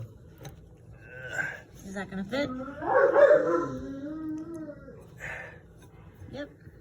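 During a dishwasher install, a plastic cover with tabs is handled at its slots on the dishwasher electrical box while someone talks. Nothing has seated or clicked yet; the clip ends before the cover goes home.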